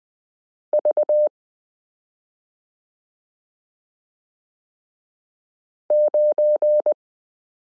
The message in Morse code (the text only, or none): V9